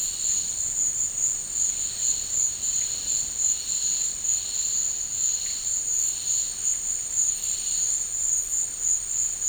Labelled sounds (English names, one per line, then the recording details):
none
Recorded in dense forest near Puerto Asís, Putumayo, Colombia, on 13 March 2025 at 14:30
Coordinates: 0.485, -76.318
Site G056